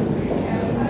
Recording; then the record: background sound without coughing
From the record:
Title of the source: 40 min - Ambience sounds UNIVERSITY lunchroom chatting